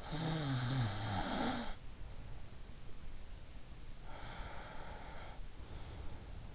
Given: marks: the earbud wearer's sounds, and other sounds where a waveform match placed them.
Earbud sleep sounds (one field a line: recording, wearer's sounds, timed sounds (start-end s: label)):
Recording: sounds in sleep by an in-ear microphone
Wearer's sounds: snoring breath, breath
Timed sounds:
0.00-2.20 s: snoring breath
4.05-6.32 s: breath